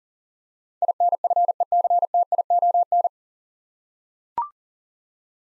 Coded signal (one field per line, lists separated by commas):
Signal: Morse code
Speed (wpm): 38 wpm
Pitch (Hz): 700 Hz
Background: none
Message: INFECTION